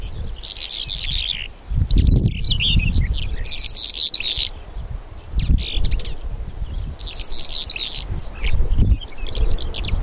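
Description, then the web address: Bimaculated Lark gives repeated scratchy, chirping phrases, with low thumps and a continuous rumble underneath. "two spotted lark call"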